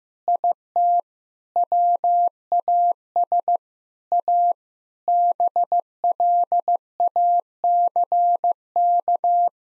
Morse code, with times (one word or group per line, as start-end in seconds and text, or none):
0.3-1.0 IT
1.6-3.6 WAS
4.1-4.5 A
5.1-9.5 BLACK